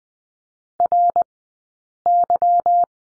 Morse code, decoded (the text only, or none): RY